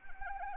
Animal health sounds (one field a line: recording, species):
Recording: mosquito wingbeat signal from an infrared sensor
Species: Anopheles arabiensis